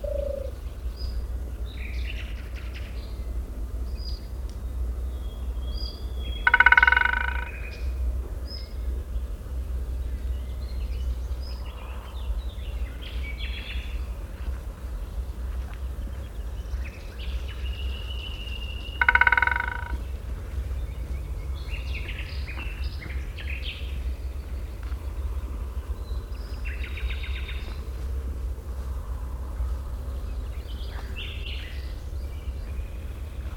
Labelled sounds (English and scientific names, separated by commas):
Syrian Woodpecker (Dendrocopos syriacus) drumming